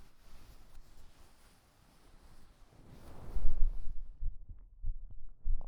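After about three seconds of faint hiss and a soft rustle, dull low thumps begin. They arrive roughly every two-thirds of a second, near 90 a minute. This is an ordinary adult heartbeat heard with an ear resting on the belly.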